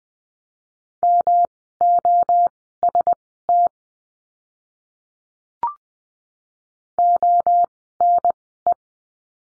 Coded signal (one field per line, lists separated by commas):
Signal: Morse code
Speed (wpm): 20 wpm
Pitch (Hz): 700 Hz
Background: none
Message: MOST ONE